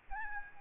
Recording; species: mosquito wingbeat signal from an infrared sensor; Aedes albopictus